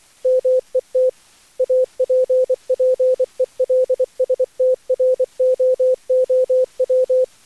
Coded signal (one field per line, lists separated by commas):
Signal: Morse code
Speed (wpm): 18 wpm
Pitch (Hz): 500 Hz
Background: none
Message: MET APPELSTROOW